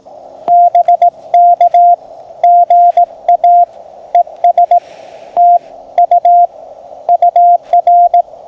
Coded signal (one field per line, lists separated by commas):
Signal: Morse code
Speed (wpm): 18 wpm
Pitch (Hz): 700 Hz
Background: radio noise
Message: BK GA ES T U UR